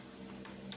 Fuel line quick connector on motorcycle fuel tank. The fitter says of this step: It's just a push tab right here. You hear that click?